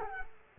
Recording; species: mosquito wingbeat signal from an infrared sensor; Culex quinquefasciatus